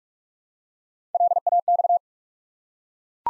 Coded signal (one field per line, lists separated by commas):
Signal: Morse code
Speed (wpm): 42 wpm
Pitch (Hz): 700 Hz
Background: none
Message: LAX